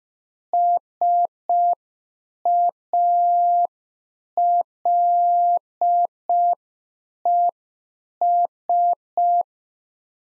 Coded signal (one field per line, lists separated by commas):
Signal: Morse code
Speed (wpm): 5 wpm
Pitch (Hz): 700 Hz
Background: none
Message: SALES